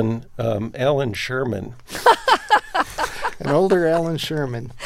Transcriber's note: soundbite of laughter